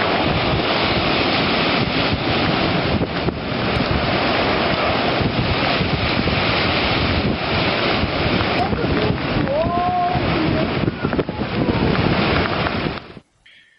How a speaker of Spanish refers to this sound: Oigamos ahora cómo suena una tormenta en el paso de Drake, el trozo de mar que está entre la Antártida y Sudamérica. Este audio fue grabado en 2010 a bordo del velero de 3 mástiles Europa, durante una tempestad Fuerza 8.